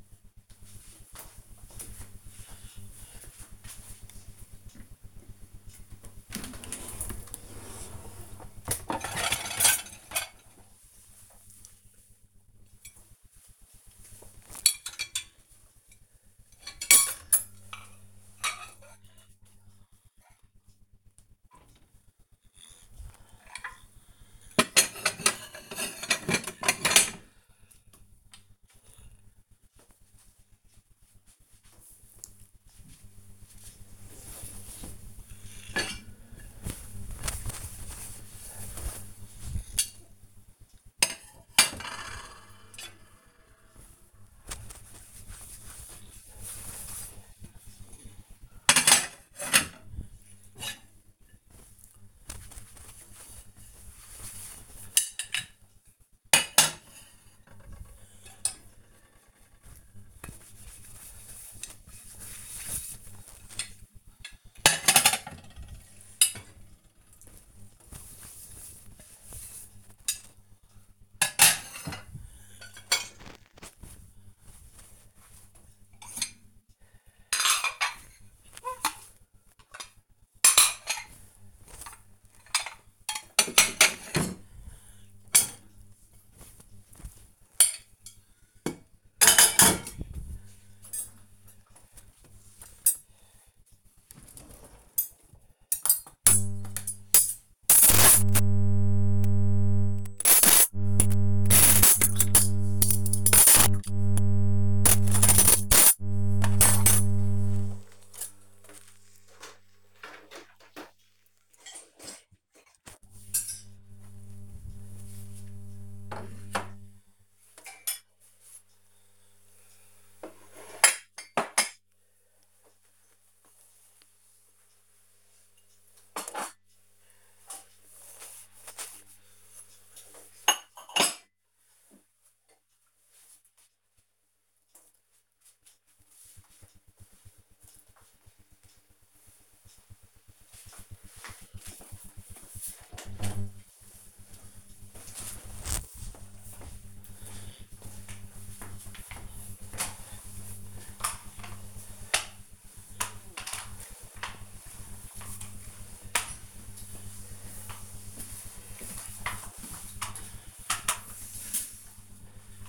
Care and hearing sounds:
household activities, microphone on the right wrist
5.55-134.33 s: cleaning out the dishwasher
149.41-162.69 s: floor cleaning

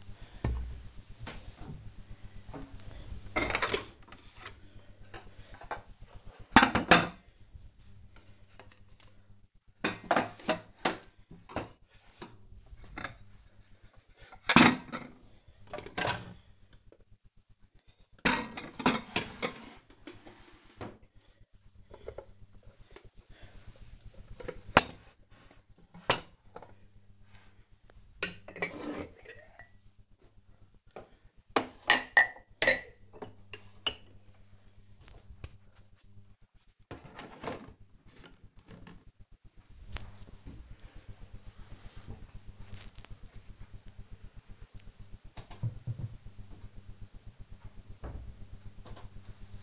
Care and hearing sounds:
household activities, microphone on the right wrist
0.00-44.63 s: putting away the dishes

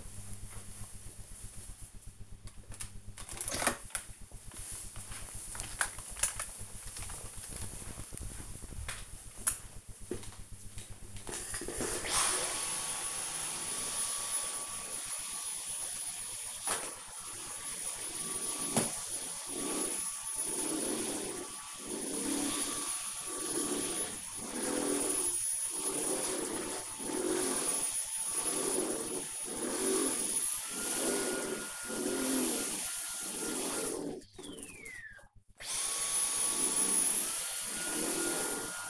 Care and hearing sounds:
household activities, microphone on the right wrist
1.68-38.89 s: vacuum cleaning

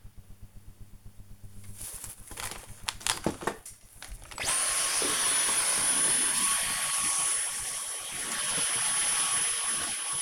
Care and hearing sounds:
household activities, microphone on the right wrist
1.54-10.22 s: vacuum cleaning

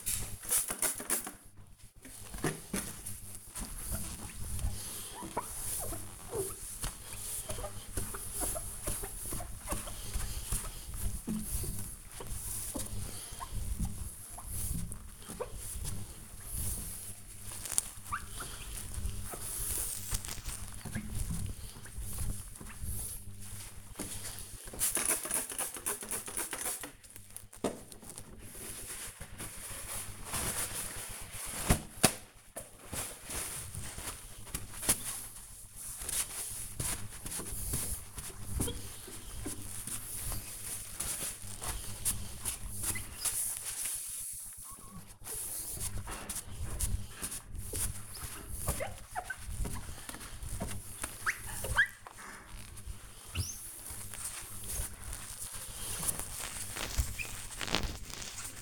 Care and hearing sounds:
household activities, microphone on the right wrist
1.16-58.62 s: window cleaning

